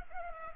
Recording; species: mosquito wingbeat signal from an infrared sensor; Culex pipiens